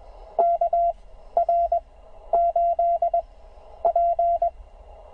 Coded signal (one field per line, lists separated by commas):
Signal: Morse code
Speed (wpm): 17 wpm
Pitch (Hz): 690 Hz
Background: none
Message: KR8P